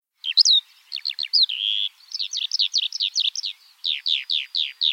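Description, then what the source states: Eurasian skylark singing a rapid, busy stream of high chirps and down-slurred trills, phrases tumbling one after another with hardly a gap. Eurasian skylark singing in flight.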